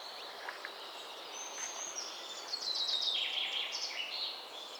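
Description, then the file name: Common chaffinch singing a quick series of clipped notes, with faint other birdsong and constant background hiss. "Fringilla coelebs"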